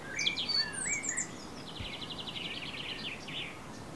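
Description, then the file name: Eurasian blackcap song: jumbled high warbling notes and slurred whistles, followed by a long, fast, even trill, with constant low background noise. "Sylvia atricapilla"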